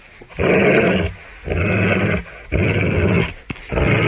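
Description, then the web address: Dog gives deep, grating growls in four drawn-out bursts with short gaps between them. Angry dog growling. "suono del cane arrabbiato che ringhia suono del cane che ringhia"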